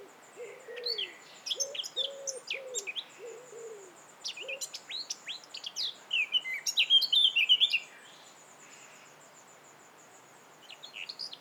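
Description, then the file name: Eurasian blackcap uttering repeated sharp, high ticking notes building into a brief scratchy warble, with low notes below early on. "Sylvia atricapilla"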